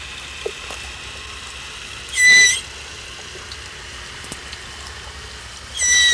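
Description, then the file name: West Indian manatee squeaks, two short high chirping squeals a few seconds apart, heard over a steady rain-like hiss and patter. "common manatee sound"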